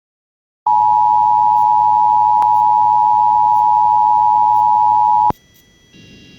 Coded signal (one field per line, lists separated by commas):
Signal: Emergency Alert System (SAME) tones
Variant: 853 and 960 Hz attention tone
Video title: EAS- Iowa Statewide Amber Alert (CAE) On GWES Stream (10/25/23)